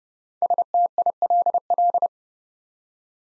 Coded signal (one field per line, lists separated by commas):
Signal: Morse code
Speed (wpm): 30 wpm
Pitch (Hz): 700 Hz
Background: none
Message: STILL